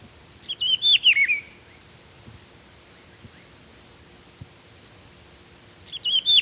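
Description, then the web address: Rufous-browed peppershrike song: a rich, warbled phrase of quick slurred whistles, sung once early and again at the end, with a quiet background. Ecuador. "S America Birds of Ecuador. Rufous-Browed Peppershrike"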